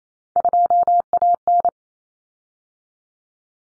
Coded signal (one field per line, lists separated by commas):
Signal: Morse code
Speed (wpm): 28 wpm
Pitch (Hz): 700 Hz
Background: none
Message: 2AN